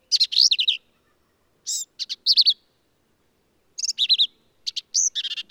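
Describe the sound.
Black-capped vireo song: bursts of harsh, buzzy and squeaky notes in quick jumbled phrases, each under a second, with short pauses between phrases.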